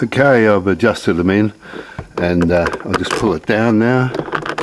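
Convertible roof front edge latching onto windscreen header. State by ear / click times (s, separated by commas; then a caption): not seated / none. Someone talks while the adjusted front roof latches of a Mercedes E320 convertible are handled and the soft top is pulled down toward the windscreen header. Two brief sharp sounds occur near the end, at about 4.5 and 4.6 seconds. Nothing has latched or clicked into place yet.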